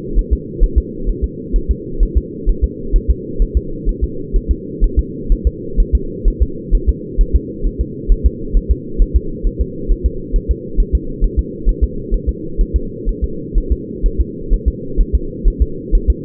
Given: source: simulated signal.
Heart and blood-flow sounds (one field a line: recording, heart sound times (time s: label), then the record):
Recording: fetal heart sounds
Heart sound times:
0.19 s: S1
0.33 s: S2
0.64 s: S1
0.78 s: S2
1.09 s: S1
1.24 s: S2
1.56 s: S1
1.71 s: S2
2.03 s: S1
2.18 s: S2
2.49 s: S1
2.64 s: S2
2.96 s: S1
3.10 s: S2
3.42 s: S1
3.57 s: S2
3.89 s: S1
4.04 s: S2
4.36 s: S1
4.51 s: S2
4.84 s: S1
4.99 s: S2
5.32 s: S1
5.47 s: S2
5.80 s: S1
5.95 s: S2
6.28 s: S1
6.42 s: S2
6.75 s: S1
6.89 s: S2
7.21 s: S1
7.36 s: S2
7.67 s: S1
7.81 s: S2
8.12 s: S1
8.26 s: S2
8.57 s: S1
8.71 s: S2
9.02 s: S1
9.16 s: S2
9.47 s: S1
9.61 s: S2
9.92 s: S1
10.06 s: S2
10.36 s: S1
10.51 s: S2
10.80 s: S1
10.95 s: S2
11.24 s: S1
11.39 s: S2
11.69 s: S1
11.84 s: S2
12.14 s: S1
12.29 s: S2
12.61 s: S1
12.76 s: S2
13.09 s: S1
13.24 s: S2
13.58 s: S1
13.72 s: S2
14.06 s: S1
14.21 s: S2
14.53 s: S1
14.68 s: S2
15.01 s: S1
15.15 s: S2
15.48 s: S1
15.62 s: S2
15.95 s: S1
16.10 s: S2
From the record:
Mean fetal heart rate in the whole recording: 130 bpm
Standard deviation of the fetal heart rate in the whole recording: 4 bpm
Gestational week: 38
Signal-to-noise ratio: -4.3 dB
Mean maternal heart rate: 72 bpm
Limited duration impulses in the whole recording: absent